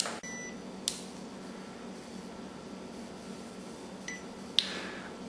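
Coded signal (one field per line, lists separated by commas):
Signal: beep code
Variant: Stubborn Dog electronic collar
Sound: handling clicks, then one short high electronic beep, then another click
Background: quiet room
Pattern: 1 short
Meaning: One short beep means the battery is faulty or flat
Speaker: right when you hear that one little short beep and a quick flash of the light that's an absolute sure sign that the battery's faulty flat or whatever okay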